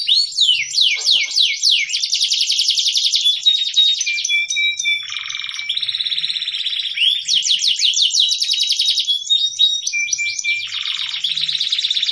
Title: Cengkok Kenari. Kenari f2ys Cengkok,durasi & Volume++